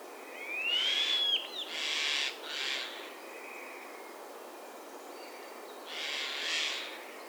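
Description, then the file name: Eurasian jay harsh, rasping screeches in three quick bursts, with a thin whistled note at the start and a fourth screech near the end. "Garrulus glandarius"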